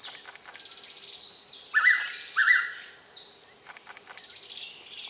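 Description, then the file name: Blue-winged pitta calling with a paired, clear whistle, the second note following about half a second after the first, while other small birds chatter steadily behind. "p moluccensis"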